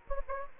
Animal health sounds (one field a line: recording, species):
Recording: mosquito wingbeat signal from an infrared sensor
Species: Anopheles gambiae